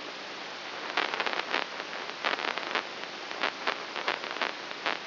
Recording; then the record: brain microelectrode recording played as sound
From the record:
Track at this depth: inside the subthalamic nucleus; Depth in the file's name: 1.804 mm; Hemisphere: right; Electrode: 3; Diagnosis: Parkinson's disease